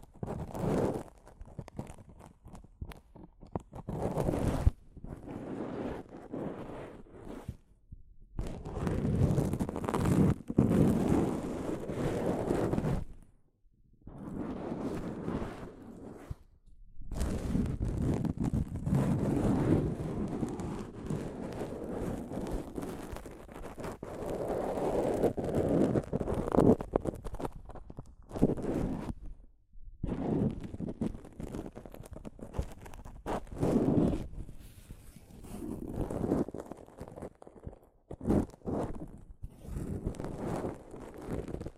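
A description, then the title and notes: Soft fabric brushes and rubs against a microphone in rustling strokes that swell and fade every few seconds. The scraping is dense and low-weighted with airy hiss on top, broken by brief silent gaps near 8, 13, 17 and 29 seconds. ASMR Mic Brushing using Soft Fabric (No Talking).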